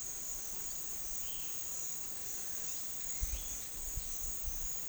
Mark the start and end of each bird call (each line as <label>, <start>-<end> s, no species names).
bird call, 1.11-1.64 s